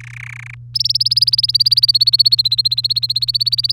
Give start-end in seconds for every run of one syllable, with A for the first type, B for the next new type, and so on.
0.00-0.55 A, 0.74-3.73 B